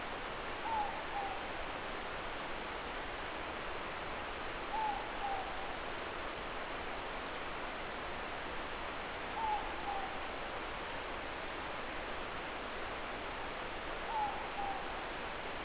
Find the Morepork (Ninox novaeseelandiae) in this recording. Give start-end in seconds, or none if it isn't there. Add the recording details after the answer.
0.53-1.46, 4.63-5.60, 9.30-10.19, 13.95-14.90. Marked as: faintness 3/5. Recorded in New Zealand. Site Eglinton